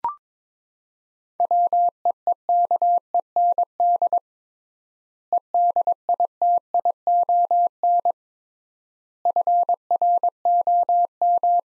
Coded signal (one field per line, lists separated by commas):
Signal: Morse code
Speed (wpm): 22 wpm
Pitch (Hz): 700 Hz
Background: none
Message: WEEKEND EDITION FROM